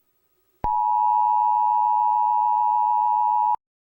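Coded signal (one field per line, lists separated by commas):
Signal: Emergency Alert System (SAME) tones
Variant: 853 and 960 Hz attention tone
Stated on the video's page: Teaser for a fictional EAS scenario.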